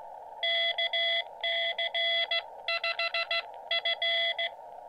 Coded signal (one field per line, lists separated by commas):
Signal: Morse code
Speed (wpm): 15 wpm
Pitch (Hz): 690 Hz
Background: none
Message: KC5F